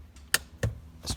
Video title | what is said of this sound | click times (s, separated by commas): [Kia Sorento] Calibrating the handbrake / e-brake | three Clicks in total now yes pretty | 0.3 s